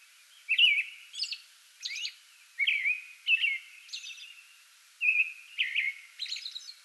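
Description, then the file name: American robin caroling in rapid, varied whistled phrases, some with thin high squeaky endings, delivered almost continuously. Singing before dawn from a small tree in a front yard, recorded 8 May 2022. "2022-05-08 American Robin pre-dawn singing from small tree in front yard"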